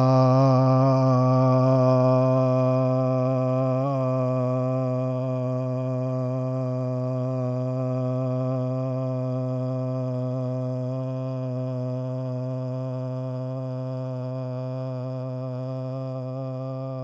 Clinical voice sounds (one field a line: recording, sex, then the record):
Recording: sustained vowel /a/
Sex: male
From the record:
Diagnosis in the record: Parkinson's disease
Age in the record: 71 years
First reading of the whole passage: 50 s, 10.4 characters per second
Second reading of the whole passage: 45 s, 11.4 characters per second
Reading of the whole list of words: 37 s, 7.6 characters per second